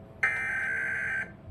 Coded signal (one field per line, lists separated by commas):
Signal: Emergency Alert System (SAME) tones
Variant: header bursts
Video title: EAS 100!!!!!!!!: NATIONAL REQUIRED TEST relayed by WTAE-TV